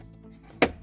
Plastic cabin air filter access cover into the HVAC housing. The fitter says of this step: snap. Hallelujah.